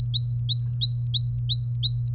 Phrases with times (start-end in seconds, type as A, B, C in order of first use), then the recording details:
0.00-2.08 A. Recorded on 24 April 2018 at 09:34. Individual llb3